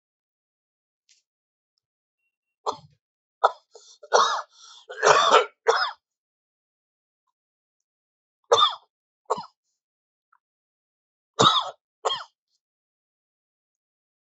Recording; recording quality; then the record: heavy voluntary cough; excellent, no background noise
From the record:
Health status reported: COVID-19 positive, moderate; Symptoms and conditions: cough, cold, breathing difficulty, sore throat, fever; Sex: male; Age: 51 years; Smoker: not ticked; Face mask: worn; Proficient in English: yes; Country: India